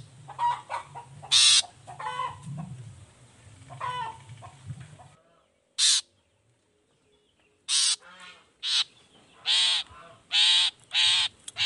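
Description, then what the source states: Long-tailed shrike harsh calls: grating rasps mixed with chattering notes, a short pause, then a run of loud scratchy bursts. Morning singing; features 'toet toet' notes and voice variations, meant to stimulate emotion so that reluctant shrikes start singing along.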